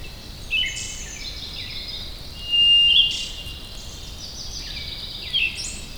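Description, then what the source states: White's thrush giving a single steady, level whistle among chirps and twitters from other birds. Recorded at Wuying, Heilongjiang, China.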